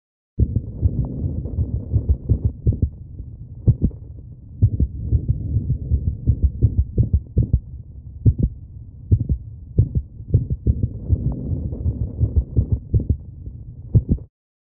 Sinus arrhythmia from a dog with respiratory disease. Pronounced sinus arrhythmia may be associated with respiratory abnormalities in cats and some dogs.